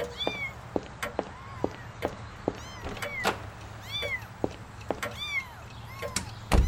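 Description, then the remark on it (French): Several kittens in a box mewing in high, thin, overlapping cries, repeated in bursts throughout, with scattered sharp clicks and a low background hum. “Et si je présentais des chatons à Picard? Ah, après tout, il est leur père.”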